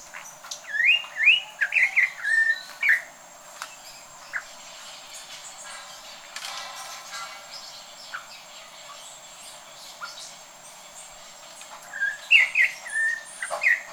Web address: Campo Troupial. صدای-پرنده-پری-نارنجی-کامپو